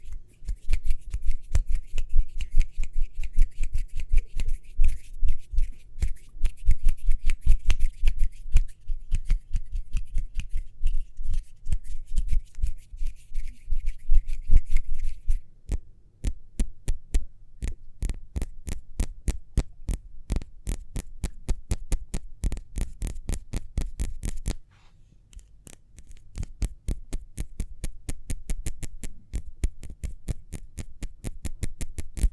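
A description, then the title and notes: Fast hand sounds: for the first fifteen seconds a dense flurry of quick taps and rubbing over a low steady hum. After that the sound thins to crisp, evenly spaced clicks, briefly dropping out near twenty-five seconds before the clicking resumes. ASMR Speedy Hand Sounds (No Talking).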